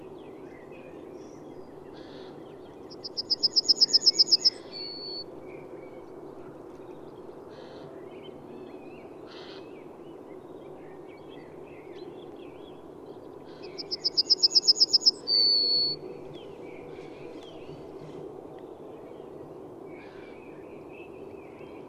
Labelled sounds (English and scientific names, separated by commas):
Yellowhammer (Emberiza citrinella) song